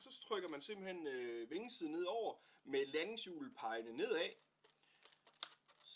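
Someone talks as the plastic/foam wing side section of a toy RC plane is pressed down over the fuselage's locking tabs, with the landing wheel pointing down. A few faint taps follow, then a sharp snap at 5.4 s as the wing section seats on the tabs.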